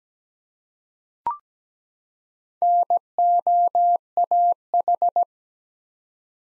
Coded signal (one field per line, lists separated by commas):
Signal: Morse code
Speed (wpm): 17 wpm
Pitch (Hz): 700 Hz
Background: none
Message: NOAH